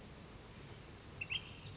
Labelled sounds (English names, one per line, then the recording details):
Ash-throated Flycatcher
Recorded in Sonoma County, California